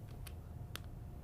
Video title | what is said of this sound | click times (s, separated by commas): Dental Implant Expert Dr. Scott Schumann Discusses Your Denture Treatment Options | that's that snap snaps into place retention stability all of a sudden now because | 0.3 s, 0.8 s